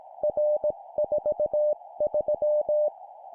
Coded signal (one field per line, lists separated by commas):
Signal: Morse code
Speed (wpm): 18 wpm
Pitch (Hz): 600 Hz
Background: none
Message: R43